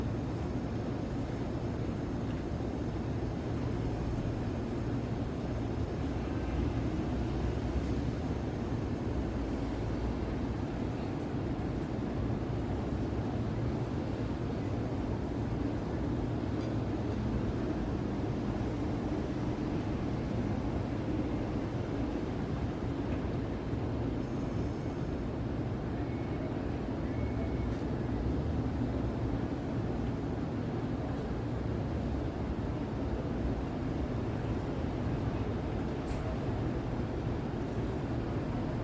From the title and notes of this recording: Open Window New York City Soundscape at Night. Midtown Manhattan City Sounds. City soundscape of Midtown New York City in binaural audio. This is a view of 33rd street from my hotel room in the evening. The audio is not looped and recorded on location.